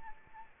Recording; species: mosquito wingbeat signal from an infrared sensor; Anopheles arabiensis